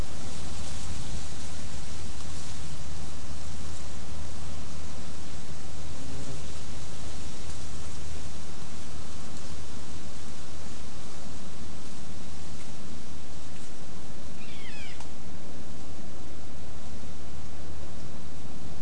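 Steady wind rushes through the oak and bay leaves with a low rumble, while a towhee scratches in leaf litter and a brief chirp sounds near fifteen seconds.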